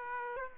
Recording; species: mosquito wingbeat signal from an infrared sensor; Aedes aegypti